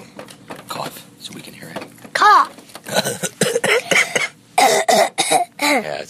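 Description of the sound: A few short, voiced coughs from a young child between adult speech in a small room.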